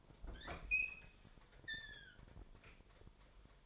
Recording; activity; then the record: daily activity, microphone in the room; open fridge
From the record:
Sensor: 5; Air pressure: 1002.1 hPa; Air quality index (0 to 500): 225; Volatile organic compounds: 28 ppm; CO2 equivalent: 2923 ppm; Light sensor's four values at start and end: 9/22/9/10 and 10/24/10/11